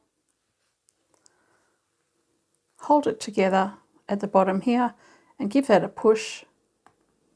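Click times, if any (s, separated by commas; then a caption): 6.9 s. Both tapes of a continuous zipper tape are held together at the bottom and pushed into a zipper slider while someone talks, with a few faint ticks near 0.9, 1.1 and 1.3 seconds. A short click at 6.9 seconds marks the slider engaging, and it is seated on the tape.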